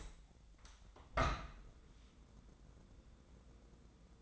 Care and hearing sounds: daily activity, microphone in the room; open window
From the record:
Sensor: 3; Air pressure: 1012.3 hPa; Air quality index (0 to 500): 135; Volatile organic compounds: 2 ppm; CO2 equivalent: 1048 ppm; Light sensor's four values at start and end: 274/669/278/273 and 273/666/277/273

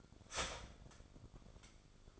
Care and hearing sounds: daily activity, microphone in the room; start toaster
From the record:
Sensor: 5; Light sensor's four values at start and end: 33/108/40/41 and 33/108/40/41

